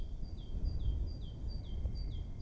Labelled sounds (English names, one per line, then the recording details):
Great Tit
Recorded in Germany
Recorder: ecoPi